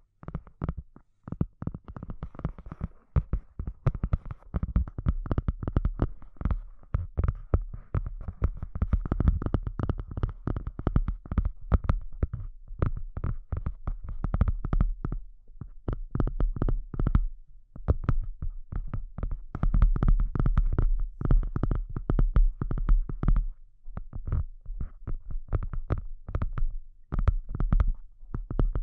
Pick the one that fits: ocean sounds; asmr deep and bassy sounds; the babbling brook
asmr deep and bassy sounds